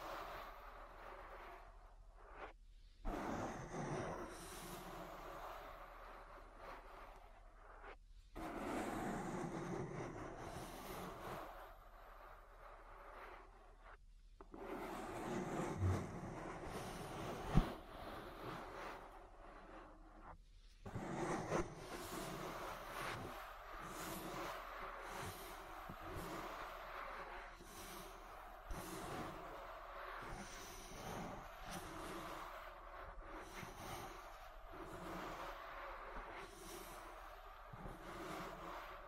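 Soft ear massage sounds, continuous rubbing and brushing textures with brief silent gaps near three, eight and fourteen seconds, then denser, steadier rustling.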